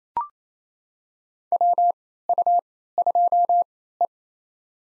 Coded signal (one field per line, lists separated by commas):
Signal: Morse code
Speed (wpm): 27 wpm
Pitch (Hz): 700 Hz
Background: none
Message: WU2E